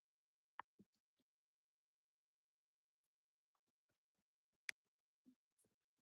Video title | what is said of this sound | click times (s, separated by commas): Rebuilding my 26in High Powered E-Bike | So if y'all hear that snap happen, it's going right in the place. | 4.7 s